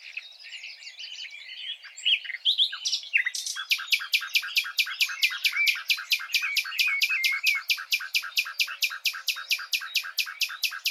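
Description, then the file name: Common nightingale singing, with a scratchy mixed opening phrase giving way to a rapid, machine-gun series of clipped notes that carries on for many seconds. "Luscinia megarhynchos"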